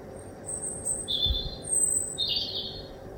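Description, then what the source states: Bird song of long, high whistles alternating between a very thin note and a lower, richer one, with a soft low thud in the middle. Recorded at 1 am through a kitchen window.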